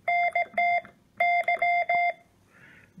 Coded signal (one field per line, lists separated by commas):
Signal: Morse code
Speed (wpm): 17 wpm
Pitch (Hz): 2100 Hz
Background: none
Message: NT Y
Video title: New Code practice Oscillator with Morse Tutor Built in